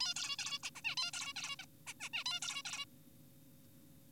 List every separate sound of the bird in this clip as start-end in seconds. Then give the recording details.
0.01-0.14, 0.16-0.36, 0.39-0.59, 0.63-0.70, 0.75-0.81, 0.85-0.95, 0.97-1.11, 1.13-1.33, 1.36-1.56, 1.59-1.66, 1.87-1.94, 2.00-2.09, 2.14-2.24, 2.26-2.40, 2.42-2.62, 2.65-2.85. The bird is an adult. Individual g4p5U